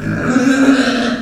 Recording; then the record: squeal of a Yucatan mini pig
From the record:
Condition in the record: after surgery on the right vocal fold (resection and tissue-engineered implant); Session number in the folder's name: 6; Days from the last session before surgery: 40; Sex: female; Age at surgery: 19 weeks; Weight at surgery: 25 kg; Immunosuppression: prednisolone